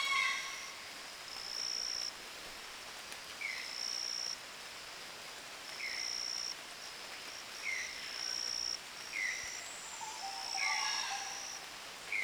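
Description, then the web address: Bird chirps: several brief falling notes recur at uneven intervals, alternating with a high, even buzzing that starts and stops. "gallery oiseaux. Mes treks"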